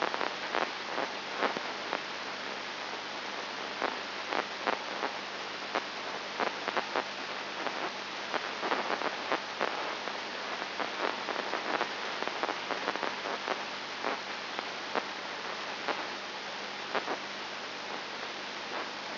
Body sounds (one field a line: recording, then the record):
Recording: brain microelectrode recording played as sound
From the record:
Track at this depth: inside the subthalamic nucleus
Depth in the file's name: 5.101 mm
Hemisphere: left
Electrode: 2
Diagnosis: Parkinson's disease